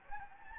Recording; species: mosquito wingbeat signal from an infrared sensor; Anopheles gambiae